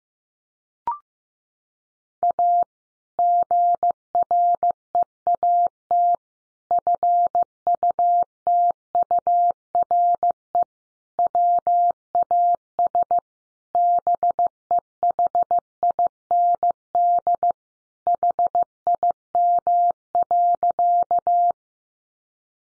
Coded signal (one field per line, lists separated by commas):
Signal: Morse code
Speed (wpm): 15 wpm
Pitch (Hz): 700 Hz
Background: none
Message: A GREAT FUTURE WAS BEHIND HIM.